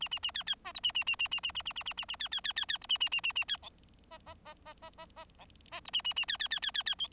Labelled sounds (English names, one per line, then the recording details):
Bengalese Finch song
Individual Bird4